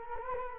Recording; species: mosquito wingbeat signal from an infrared sensor; Culex quinquefasciatus